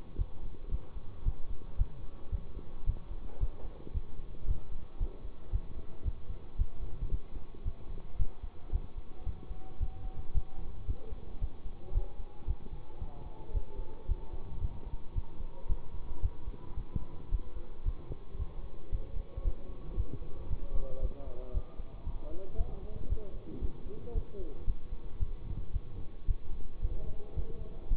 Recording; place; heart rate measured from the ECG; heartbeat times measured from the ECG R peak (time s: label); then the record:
heart sounds by stethoscope; between the tricuspid and mitral areas; 113 bpm
0.16 s: heartbeat
0.69 s: heartbeat
1.23 s: heartbeat
1.76 s: heartbeat
2.30 s: heartbeat
2.84 s: heartbeat
3.38 s: heartbeat
3.92 s: heartbeat
4.45 s: heartbeat
4.98 s: heartbeat
5.50 s: heartbeat
6.03 s: heartbeat
6.56 s: heartbeat
7.09 s: heartbeat
7.63 s: heartbeat
8.17 s: heartbeat
8.70 s: heartbeat
9.24 s: heartbeat
9.78 s: heartbeat
10.32 s: heartbeat
10.85 s: heartbeat
11.39 s: heartbeat
11.92 s: heartbeat
12.45 s: heartbeat
12.99 s: heartbeat
13.52 s: heartbeat
14.06 s: heartbeat
14.59 s: heartbeat
15.13 s: heartbeat
15.67 s: heartbeat
16.20 s: heartbeat
16.75 s: heartbeat
17.29 s: heartbeat
17.83 s: heartbeat
18.37 s: heartbeat
18.90 s: heartbeat
19.42 s: heartbeat
19.95 s: heartbeat
20.48 s: heartbeat
21.00 s: heartbeat
21.52 s: heartbeat
22.04 s: heartbeat
22.56 s: heartbeat
23.07 s: heartbeat
23.59 s: heartbeat
24.13 s: heartbeat
24.65 s: heartbeat
25.18 s: heartbeat
25.71 s: heartbeat
26.25 s: heartbeat
26.80 s: heartbeat
27.34 s: heartbeat
27.88 s: heartbeat
From the record:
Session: bicycle stress test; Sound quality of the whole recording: good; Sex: male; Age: 24 years